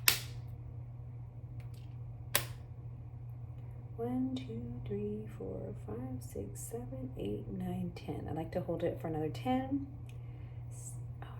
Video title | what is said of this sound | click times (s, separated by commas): Mounjaro Monday Aka Shot Day & let’s compare 2 popular Electrolyte packets | and it's dry now it's in the unlock position and you're going to hear two clicks | 0.1 s, 2.4 s